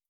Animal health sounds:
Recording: hydrophone in a shrimp aquaculture tank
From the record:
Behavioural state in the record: starved

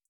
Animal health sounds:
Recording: hydrophone in a shrimp aquaculture tank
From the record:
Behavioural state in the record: feeding

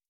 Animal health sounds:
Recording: hydrophone in a shrimp aquaculture tank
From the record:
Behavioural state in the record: starved

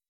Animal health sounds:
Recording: hydrophone in a shrimp aquaculture tank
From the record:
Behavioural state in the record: weakened

